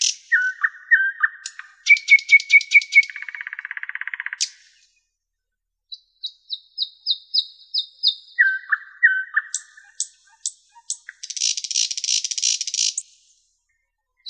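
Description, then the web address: Common nightingale song in bursts: chattering note runs, a rapid metallic trill, evenly spaced high notes, and a buzzy rattle, with short gaps between phrases. "soorten sounds N Nightingale"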